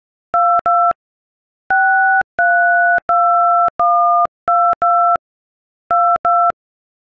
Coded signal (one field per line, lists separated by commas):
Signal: DTMF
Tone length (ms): 510 ms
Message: 22 632122 22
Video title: We Will Rock You on IPhone Keypad